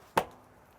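A Kamado grill lid is pushed down onto its new gasket until the latch on the base reaches its second, fully closed position. A single sharp click sounds at 0.2 s against near silence. The latch is seated and the lid can't move at all.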